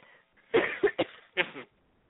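A quick run of about four harsh, dry coughs from an adult woman, heard over a narrow telephone line.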